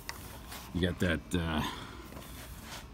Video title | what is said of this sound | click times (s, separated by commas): Rant about Bulb Replacement | once it's in there it snaps in place you | 0.1 s